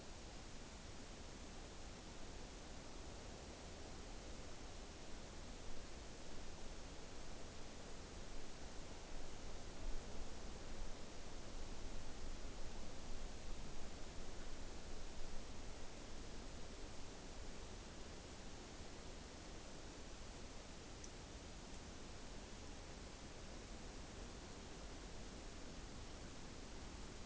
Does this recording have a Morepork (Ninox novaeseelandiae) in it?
no